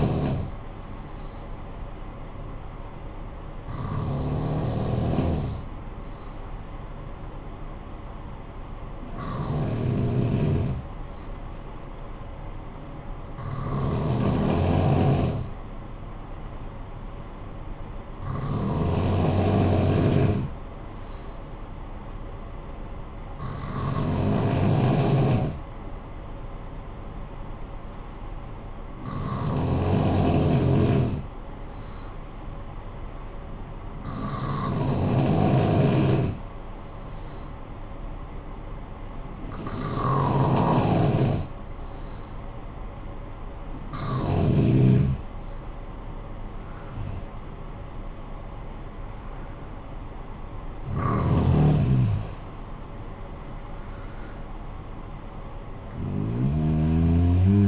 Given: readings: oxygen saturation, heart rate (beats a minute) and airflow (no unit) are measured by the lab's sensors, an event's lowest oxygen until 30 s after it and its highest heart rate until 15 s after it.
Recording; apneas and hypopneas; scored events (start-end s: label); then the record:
breathing in sleep by a smartphone at the bedside; 1
3.00-39.90 s: hypopnea (N2, oxygen 95% highest, then 91% lowest, heart rate 55 at the start, 67 highest)
From the record:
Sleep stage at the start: N2 (light sleep); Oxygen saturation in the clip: 91 to 95%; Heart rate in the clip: 51 to 67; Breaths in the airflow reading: 12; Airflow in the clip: -10.0 to 12.0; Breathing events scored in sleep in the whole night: 445 in 7.6 hours asleep